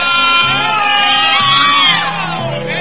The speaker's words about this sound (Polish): Słychać krzyki. Ciekawe, kto tak krzyczy.